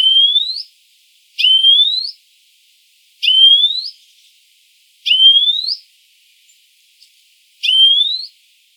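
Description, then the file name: European greenfinch calls: drawn-out wheezy rising notes, each under a second long, repeated five times, the first cut off at the start, with gaps of under one to about two seconds between them. "Chloris chloris"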